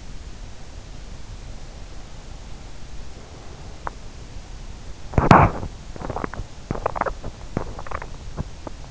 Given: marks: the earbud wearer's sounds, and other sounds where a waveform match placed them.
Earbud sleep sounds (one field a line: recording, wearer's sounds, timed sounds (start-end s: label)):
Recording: sounds in sleep by an in-ear microphone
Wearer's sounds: breath, body movement, swallowing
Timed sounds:
1.70-3.86 s: breath
5.03-5.67 s: body movement
5.92-8.91 s: swallowing